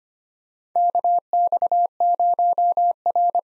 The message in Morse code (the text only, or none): KX0R